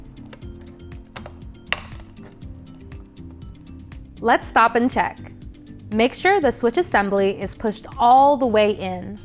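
A red toggle switch is pushed hard, all the way down, into a plastic switch holder while regular music beats play underneath. One loud, sharp click stands out at 1.7 s as the switch clicks into place and seats. Someone then talks from about 4 seconds on.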